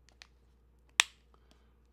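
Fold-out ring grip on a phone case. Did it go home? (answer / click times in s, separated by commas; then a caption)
yes / 1.0 s. The fold-out ring grip on a rugged iPhone 16 Pro Max phone case is folded back and snapped into its closed position. A few faint ticks come before one sharp, loud click at 1.0 s, followed by soft ticks. The grip clicks back in place and is seated.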